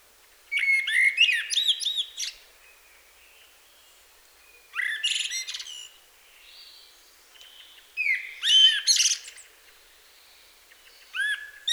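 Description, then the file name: Common blackbird delivering several phrases of mellow whistles capped by squeaky, twittering endings, with short quiet spells between. "Turdus merula"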